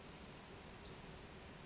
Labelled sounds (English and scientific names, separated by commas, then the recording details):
Western Flycatcher (Empidonax difficilis)
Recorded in Sonoma County, California